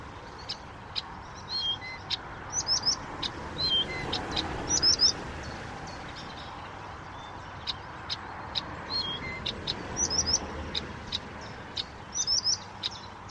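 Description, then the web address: Blyth's reed warbler song, soft ticks punctuated by a buzzy chattering phrase that recurs several times, over a low background rumble. "chant didier collin rousserolle des buissons"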